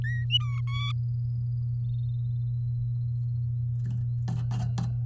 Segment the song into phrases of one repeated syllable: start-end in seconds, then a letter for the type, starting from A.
0.04-0.24 A, 0.30-0.60 B, 0.67-0.92 C